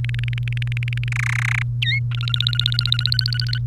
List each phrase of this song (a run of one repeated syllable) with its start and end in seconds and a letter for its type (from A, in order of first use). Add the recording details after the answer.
0.04-1.08 A, 1.12-1.62 B, 1.82-1.99 C, 2.11-3.58 D. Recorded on 1 May 2018 at 14:38. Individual llb3